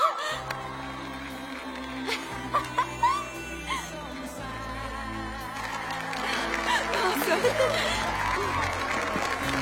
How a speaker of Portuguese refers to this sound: Atenção, por favor. Obrigado. Eu gostaria que dessem uma salva de palmas para o rei e a rainha deste ano. Trip Fontaine e Lux Lisbon.